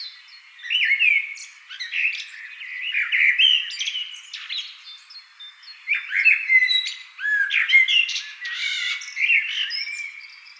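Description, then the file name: Common blackbird song, mellow warbled phrases around mid pitch ending in high squeaky twitters, several phrases separated by brief pauses. "Turdus merula"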